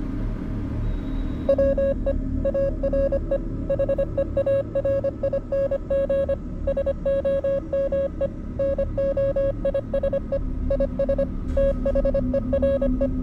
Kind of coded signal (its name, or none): Morse code